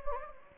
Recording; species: mosquito wingbeat signal from an infrared sensor; Anopheles gambiae